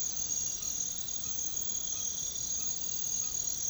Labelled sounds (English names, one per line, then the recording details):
none
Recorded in pastures near Puerto Asís, Putumayo, Colombia, on 9 March 2025 at 00:00
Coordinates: 0.486, -76.323
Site G075